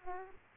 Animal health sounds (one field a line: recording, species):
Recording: mosquito wingbeat signal from an infrared sensor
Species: Aedes aegypti